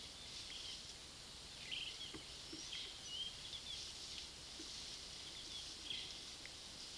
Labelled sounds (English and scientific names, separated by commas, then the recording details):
unidentified bird, Yellow-tufted Woodpecker (Melanerpes cruentatus)
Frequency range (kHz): unidentified bird 1.5-4.1 kHz; Yellow-tufted Woodpecker (Melanerpes cruentatus) 2.7-4.1 kHz
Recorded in pastures near Puerto Asís, Putumayo, Colombia, on 19 February 2024 at 15:00
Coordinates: 0.497, -76.327
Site G7276